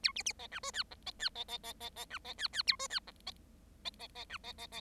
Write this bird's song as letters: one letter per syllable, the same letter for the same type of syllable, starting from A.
A B B C D E F G C F C C C C C D C F F A E F G C C C C D C C C